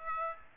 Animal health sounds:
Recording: mosquito wingbeat signal from an infrared sensor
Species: Aedes aegypti

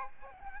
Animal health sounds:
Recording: mosquito wingbeat signal from an infrared sensor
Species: Aedes aegypti

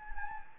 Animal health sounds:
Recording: mosquito wingbeat signal from an infrared sensor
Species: Anopheles gambiae

